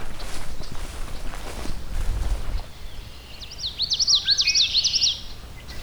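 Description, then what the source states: Common Yellowthroat song, a quick run of rolling high phrases in the second half, following footsteps and rustling. Song of the 'wichita' pattern, heard in a hydro corridor near Phragmites.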